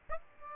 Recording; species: mosquito wingbeat signal from an infrared sensor; Aedes aegypti